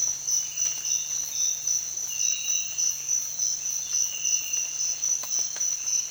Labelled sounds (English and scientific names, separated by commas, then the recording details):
none
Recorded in dense forest near Puerto Asís, Putumayo, Colombia, on 25 June 2025 at 06:00
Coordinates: 0.466, -76.327
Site GP04